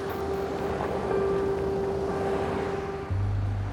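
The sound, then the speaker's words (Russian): A vehicle engine rumbles steadily with a constant droning hum as an ambulance pulls away from a parking lot, the low tone shifting deeper near the end as it drives off. No one speaks. “Машина трогается и уезжает с парковки.”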